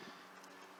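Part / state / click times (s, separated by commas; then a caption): adapter harness plug into ignition coil pack connector / not seated / none. An adapter harness plug is being pushed into the ignition coil pack connector of an Audi R8 during a coil pack swap. Only a steady, broadband background hiss is heard with no sharp transients, and nothing has seated or clicked yet.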